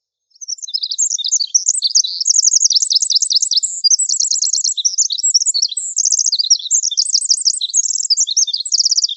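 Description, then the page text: Pacific wren singing a long, continuous cascade of very high, rapid trills and twittering notes, each phrase running into the next without pause; no background noise. Pacific wren in coniferous forest. "Coniferous Forest Pacific Wren. Quick Sounds"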